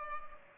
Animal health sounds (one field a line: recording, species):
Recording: mosquito wingbeat signal from an infrared sensor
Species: Culex pipiens